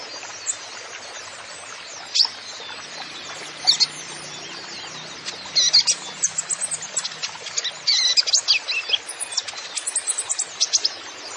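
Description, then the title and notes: Kolibri Ninja song: a few isolated high chirps, then rapid sharp, high twittering notes in a busy stream for the second half. Masteran recording used to train songbirds, full of 'isian' fill-in and 'tembakan' shot song phrases, meant as 'pancingan' to prompt other birds; bird described as 'gacor', singing persistently. "MASTERAN KOLIBRI NINJA FULL ISIAN DAN TEMBAKAN COCOK BUAT PANCINGAN. Suara Burung Kolibri Ninja Gacor"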